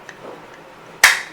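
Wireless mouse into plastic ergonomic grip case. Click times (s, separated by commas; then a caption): 1.0 s. A wireless mouse is pressed down into a plastic ergonomic grip case with a wrist rest. A faint tick at 0.1 s is followed by a sharp, loud click at 1.0 s that rings briefly. The mouse locks into place.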